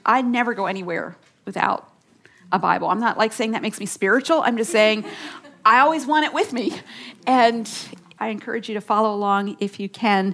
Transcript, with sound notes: I never go anywhere without a Bible. I’m not saying that makes me spiritual. (laughter) I’m just saying I always want it with me. I encourage you to follow along if you can.